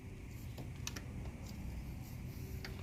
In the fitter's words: sure you keep turning until you hear a click and it's